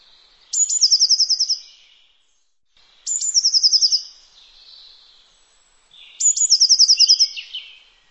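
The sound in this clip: Bird giving three loud, high phrases about every three seconds, each a sharp note followed by a fast, buzzy trill that slides slightly downward.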